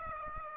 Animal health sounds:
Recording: mosquito wingbeat signal from an infrared sensor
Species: Aedes aegypti

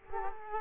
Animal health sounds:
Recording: mosquito wingbeat signal from an infrared sensor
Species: Culex quinquefasciatus

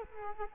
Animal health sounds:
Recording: mosquito wingbeat signal from an infrared sensor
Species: Culex quinquefasciatus

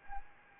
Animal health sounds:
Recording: mosquito wingbeat signal from an infrared sensor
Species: Anopheles gambiae

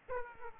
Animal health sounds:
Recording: mosquito wingbeat signal from an infrared sensor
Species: Aedes aegypti

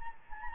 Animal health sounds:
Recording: mosquito wingbeat signal from an infrared sensor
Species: Anopheles gambiae

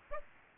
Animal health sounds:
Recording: mosquito wingbeat signal from an infrared sensor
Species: Aedes aegypti

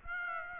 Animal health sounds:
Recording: mosquito wingbeat signal from an infrared sensor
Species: Aedes aegypti

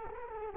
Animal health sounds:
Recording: mosquito wingbeat signal from an infrared sensor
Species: Culex quinquefasciatus

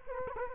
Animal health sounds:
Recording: mosquito wingbeat signal from an infrared sensor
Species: Culex quinquefasciatus

